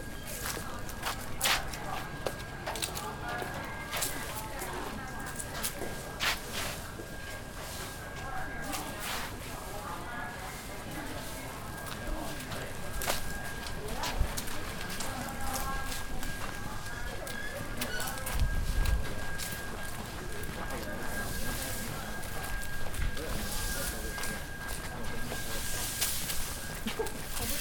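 Walking through Nanluoguxiang, a dense murmur of many voices talking runs the whole way, with scattered sharp clicks and footstep-like taps. A thin, steady high tone holds unbroken throughout, and a short low thump lands around eighteen seconds.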